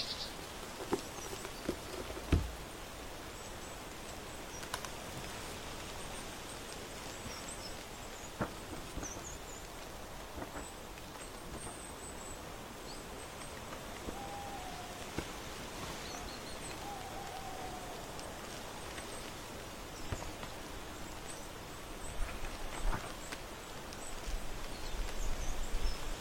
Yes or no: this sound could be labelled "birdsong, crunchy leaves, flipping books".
yes